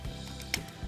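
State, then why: Seated. During the robot-mode transformation of a Transformers EarthSpark Deluxe Terran Jawbreaker toy robot, the second side of its plastic back assembly is pressed so the back panel tab goes into its notch in the body slot. A single sharp click sounds at 0.5 s over steady background music. The back panel snaps in and is seated.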